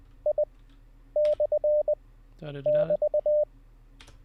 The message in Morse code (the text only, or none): I/<BT>